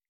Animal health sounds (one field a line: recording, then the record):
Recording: hydrophone in a shrimp aquaculture tank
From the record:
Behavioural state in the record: stressed